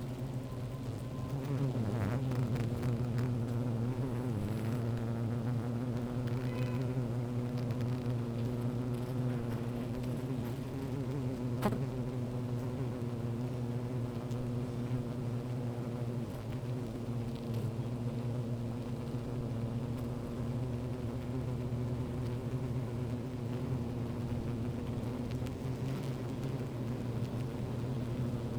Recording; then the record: honeybee colony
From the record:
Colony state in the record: active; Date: 28 July 2017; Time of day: 15:13